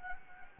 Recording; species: mosquito wingbeat signal from an infrared sensor; Anopheles gambiae